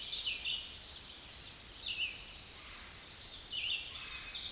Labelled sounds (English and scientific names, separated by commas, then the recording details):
Red-eyed Vireo (Vireo olivaceus) song
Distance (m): 30 m
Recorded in a Pennsylvania forest on 16 May 2024 at 07:18
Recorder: AudioMoth, point MSD-2417
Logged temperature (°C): 16.4 °C
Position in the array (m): 105 m, 75 m